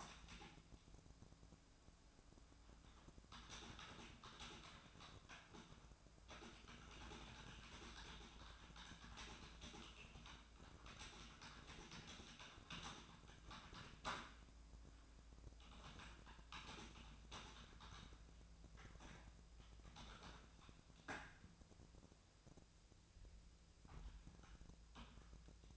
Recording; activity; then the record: daily activity, microphone in the room; typing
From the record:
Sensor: 2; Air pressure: 1000.0 hPa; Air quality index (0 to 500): 129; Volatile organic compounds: 2 ppm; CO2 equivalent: 1105 ppm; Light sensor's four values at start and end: 25/62/26/29 and 25/62/26/30